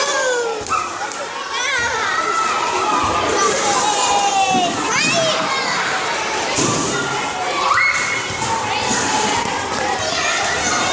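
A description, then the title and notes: Children play noisily at school recess, a dense, steady mix of overlapping chatter, high shouts and squeals, with no pauses throughout. Paisagem sonora do intervalo em uma escola. (Soundscape of children playing at recess in Brazil) by Jesiel Ternero.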